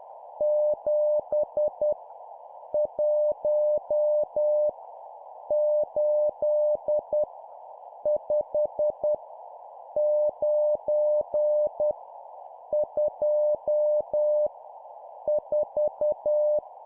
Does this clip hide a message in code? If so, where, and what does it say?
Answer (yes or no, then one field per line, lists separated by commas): yes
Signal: Morse code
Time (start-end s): 0.4-16.6 s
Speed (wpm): 10 wpm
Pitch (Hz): 600 Hz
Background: none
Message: 7 1 8 5 9 2 4